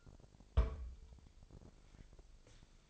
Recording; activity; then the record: daily activity, microphone in the room; place on stove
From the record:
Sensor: 5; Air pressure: 999.5 hPa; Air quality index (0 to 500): 219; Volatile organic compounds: 20 ppm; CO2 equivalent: 2677 ppm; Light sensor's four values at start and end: 30/68/28/27 and 30/69/28/28